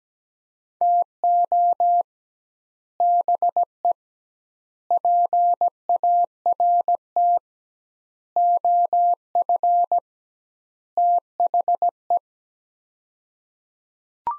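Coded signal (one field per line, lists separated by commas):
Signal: Morse code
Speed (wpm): 17 wpm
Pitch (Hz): 700 Hz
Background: none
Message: TO BE PART OF THE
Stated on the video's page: Morse practice sets of five words at 17 wpm with 2x word-spacing, a Farnsworth-like approach; each set is sent, spoken, then sent again.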